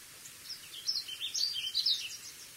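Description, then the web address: Warbling vireo song: one fast, run-on warbling phrase of high, slurred notes filling the middle. Western USA songbird. "Songs of Birds of North America Western USA Songbirds. Warbling Vireo"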